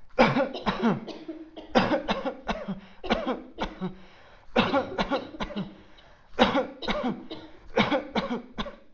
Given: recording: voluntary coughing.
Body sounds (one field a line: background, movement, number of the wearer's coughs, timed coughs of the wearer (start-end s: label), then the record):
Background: a bystander coughing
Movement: sitting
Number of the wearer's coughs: 15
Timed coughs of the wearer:
0.16-0.52 s: cough
0.66-1.02 s: cough
1.73-2.03 s: cough
2.08-2.39 s: cough
2.47-2.74 s: cough
3.08-3.53 s: cough
3.61-4.11 s: cough
4.54-4.91 s: cough
4.97-5.31 s: cough
5.31-5.75 s: cough
6.37-6.78 s: cough
6.88-7.24 s: cough
7.75-8.06 s: cough
8.15-8.48 s: cough
8.48-8.86 s: cough
From the record:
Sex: male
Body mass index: 20.6 kg/m2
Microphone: on the chest, facing outward